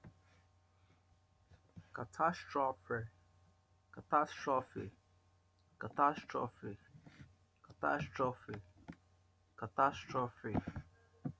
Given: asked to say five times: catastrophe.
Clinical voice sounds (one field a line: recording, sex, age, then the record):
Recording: repeated word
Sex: male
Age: 50 to 59 years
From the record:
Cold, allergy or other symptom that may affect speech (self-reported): no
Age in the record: 50 years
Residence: United States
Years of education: 16